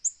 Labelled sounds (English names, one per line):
Black-throated Green Warbler flight call